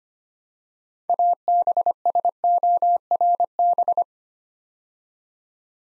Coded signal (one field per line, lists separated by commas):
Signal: Morse code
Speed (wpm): 25 wpm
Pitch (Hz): 700 Hz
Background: none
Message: ABSORB